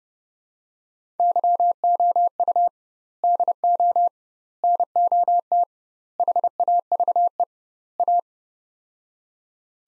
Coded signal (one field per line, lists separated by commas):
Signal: Morse code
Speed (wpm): 30 wpm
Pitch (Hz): 700 Hz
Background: none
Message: YOU DO NOT HAVE A